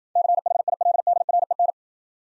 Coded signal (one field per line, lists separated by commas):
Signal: Morse code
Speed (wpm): 53 wpm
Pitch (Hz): 700 Hz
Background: none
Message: CHILDREN